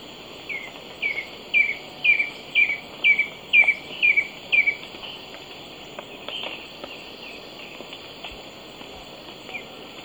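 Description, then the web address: Stripe-chested Antwren song: a run of about ten quick slurred whistled notes, roughly two per second, growing louder and then fading, over a faint steady insect hum. Recorded in Ecuador. "Birds of Ecuador. Stripe-chested Antwren"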